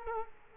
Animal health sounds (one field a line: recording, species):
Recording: mosquito wingbeat signal from an infrared sensor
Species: Culex quinquefasciatus